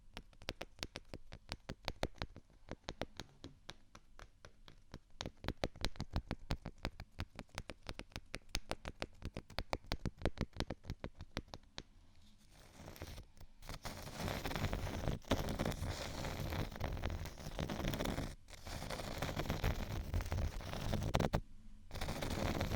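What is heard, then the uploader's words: Rapid, regular taps on textured items fill the first twelve seconds, then give way to dense, louder scratching broken by brief pauses. Scratch & Tap On Textured Items & beat.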